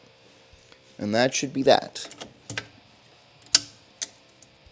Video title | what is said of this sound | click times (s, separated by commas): You NEED this mod // Perrin AOS + Oil cooler install // Custom Perrin engine dress up | yep I hear a click I'm going to leave this guy just chilling right there | 3.5 s